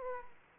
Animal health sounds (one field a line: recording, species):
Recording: mosquito wingbeat signal from an infrared sensor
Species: Aedes aegypti